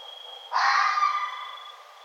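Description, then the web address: Red fox giving a single harsh, grating scream that tapers away, with a steady high whine audible before and after. Recorded 1 November 2011. "sounds mammals Red Fox 2011 11 01 Red Fox"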